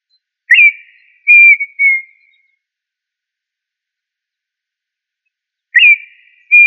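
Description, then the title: Tinamou calling with a few pure whistled notes, then a pause before the call repeats. "Familia Tinamidae - Quail - Puyuh"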